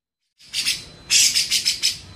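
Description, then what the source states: Grey-cheeked bulbul uttering two short bursts of coarse, buzzy notes after a moment of silence. Masteran training recording made for teaching songbirds; Indonesian name cucak jenggot.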